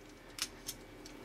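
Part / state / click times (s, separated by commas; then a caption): plastic arm tabs locking into the toy robot's body / seated / 0.4 s, 0.7 s. The underside tabs of a Transformers Prime: Beast Hunters Ultra Magnus action figure's plastic arm sections are brought up and locked into the toy robot's body during its transformation. Two short, sharp plastic clicks sound at 0.4 s and 0.7 s, followed by a fainter tick at 1.1 s. The arm tabs are seated and locked into place.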